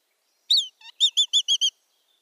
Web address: Schulze Peter Black Kite nestling